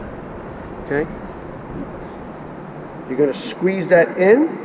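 A plastic retaining clip is handled at the housing of a blacked-out Morimoto XB LED tail light on a Ford F-150 truck, about to be squeezed into place, while someone talks over a steady low background noise. Nothing has seated or clicked yet.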